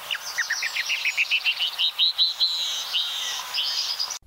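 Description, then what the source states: Canyon wren female call: a rapid series of bright, high chirping notes. Female call, strikingly different from the male call, possibly so the sexes can tell each other apart.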